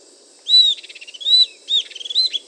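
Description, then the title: Southern antpipit uttering high slurred whistles alternating with quick trilled pulse runs. "LuckyPassaro Completos2Sama. Southern Antpipit (Corythopis delalandi)"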